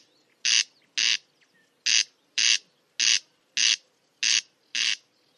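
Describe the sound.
Bird calling with loud, rasping squawks, short bursts repeated in quick succession at a slightly uneven pace.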